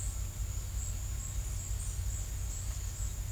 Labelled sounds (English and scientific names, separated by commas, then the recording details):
none
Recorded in secondary vegetation near Puerto Asís, Putumayo, Colombia, on 26 December 2024 at 14:00
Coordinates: 0.499, -76.323
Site G010